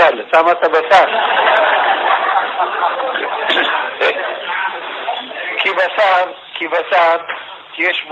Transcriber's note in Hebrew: צוחקים